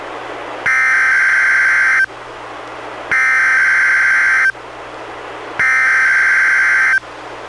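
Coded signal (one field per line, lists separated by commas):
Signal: Emergency Alert System (SAME) tones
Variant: header bursts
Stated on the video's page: NWR Required Weekly Test from NWS, relayed by weather radio station, received on a Reecom R-1630 weather radio with audio recorded directly via USB.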